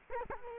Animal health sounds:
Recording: mosquito wingbeat signal from an infrared sensor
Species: Culex quinquefasciatus

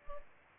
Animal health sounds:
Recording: mosquito wingbeat signal from an infrared sensor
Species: Aedes albopictus

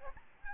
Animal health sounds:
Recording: mosquito wingbeat signal from an infrared sensor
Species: Aedes albopictus

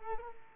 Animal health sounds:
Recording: mosquito wingbeat signal from an infrared sensor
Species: Culex quinquefasciatus

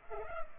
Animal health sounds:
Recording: mosquito wingbeat signal from an infrared sensor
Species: Culex pipiens

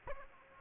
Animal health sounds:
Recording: mosquito wingbeat signal from an infrared sensor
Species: Aedes aegypti

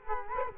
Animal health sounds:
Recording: mosquito wingbeat signal from an infrared sensor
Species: Culex quinquefasciatus

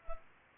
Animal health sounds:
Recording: mosquito wingbeat signal from an infrared sensor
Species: Culex pipiens

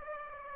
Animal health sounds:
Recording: mosquito wingbeat signal from an infrared sensor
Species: Aedes aegypti

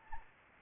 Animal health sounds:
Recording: mosquito wingbeat signal from an infrared sensor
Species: Anopheles gambiae

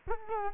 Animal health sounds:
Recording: mosquito wingbeat signal from an infrared sensor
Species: Culex quinquefasciatus

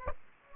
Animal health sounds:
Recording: mosquito wingbeat signal from an infrared sensor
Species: Aedes aegypti

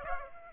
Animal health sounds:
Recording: mosquito wingbeat signal from an infrared sensor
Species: Aedes aegypti

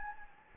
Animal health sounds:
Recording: mosquito wingbeat signal from an infrared sensor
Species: Anopheles gambiae

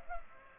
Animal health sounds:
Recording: mosquito wingbeat signal from an infrared sensor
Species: Culex pipiens

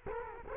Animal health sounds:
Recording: mosquito wingbeat signal from an infrared sensor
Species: Culex quinquefasciatus

